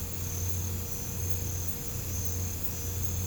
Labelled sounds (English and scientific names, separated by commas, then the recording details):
none
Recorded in pastures near Puerto Asís, Putumayo, Colombia, on 20 December 2024 at 03:30
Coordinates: 0.505, -76.324
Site G063